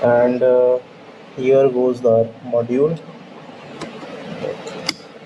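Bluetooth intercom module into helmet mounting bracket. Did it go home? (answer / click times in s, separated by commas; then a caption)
yes / 4.9 s. Someone talks while an Edyell C5 plastic Bluetooth intercom module is slid onto its plastic mounting bracket on a helmet. After a softer tap at 3.8 s, the module locks into the bracket with a sharp click at 4.9 s, and it is seated.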